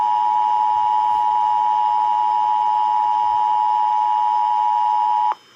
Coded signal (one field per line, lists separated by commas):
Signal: Emergency Alert System (SAME) tones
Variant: 853 and 960 Hz attention tone